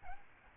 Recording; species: mosquito wingbeat signal from an infrared sensor; Aedes albopictus